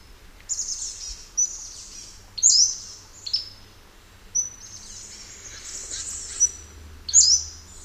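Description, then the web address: Pacific-slope flycatcher giving several thin, very high upslurred notes and short sharp calls. North America; a common western species. "Songs of Birds of North America. Pacific-slope Flycatcher"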